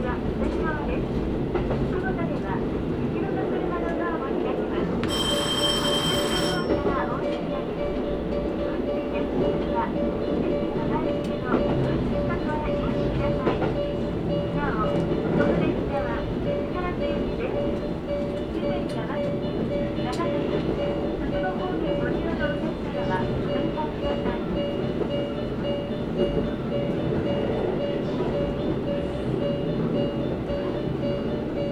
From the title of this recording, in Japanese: 唐津線・長崎本線 佐賀→久保田→肥前山口